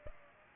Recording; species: mosquito wingbeat signal from an infrared sensor; Aedes aegypti